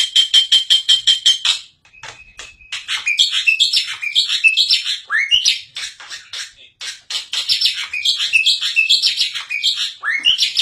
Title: Kicauan Rapat Jalak Putih Gacor Banyak Variasi Untuk Masteran